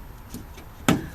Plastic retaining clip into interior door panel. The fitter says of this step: a little snap into place